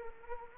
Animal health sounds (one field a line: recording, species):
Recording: mosquito wingbeat signal from an infrared sensor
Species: Anopheles arabiensis